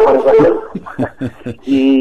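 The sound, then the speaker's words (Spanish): A dog barks and yelps in short bursts: a tonal, drawn-out bark opens and closes the moment, with a quick, even series of clipped pulses in between. “Y bueno, acá está el perro.”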